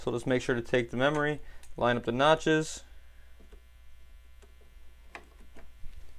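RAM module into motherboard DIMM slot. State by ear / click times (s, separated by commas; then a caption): not seated / none. Someone talks, then a RAM memory stick has its notch lined up with a motherboard DIMM slot before being pressed down, making only a few small contact noises over a steady low hum. Nothing has seated or clicked yet.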